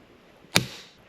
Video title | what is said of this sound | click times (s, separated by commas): 60A Tesla Charger, Licensed Electrician Installation | And then we'll take this just till you hear the click. | 0.6 s